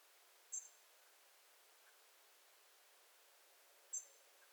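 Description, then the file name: European robin uttering two brief, piercing high notes about three and a half seconds apart against quiet background hiss. "Erithacus rubecula"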